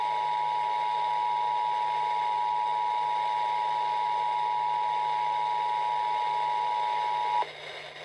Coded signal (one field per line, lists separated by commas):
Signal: Emergency Alert System (SAME) tones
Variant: 853 and 960 Hz attention tone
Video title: Radio EAS: Orange County Required Monthly Test 1/21/21 (EAS #142)